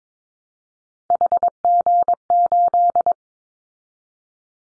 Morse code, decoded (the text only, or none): HG8